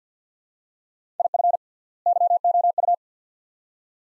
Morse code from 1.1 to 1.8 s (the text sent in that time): IF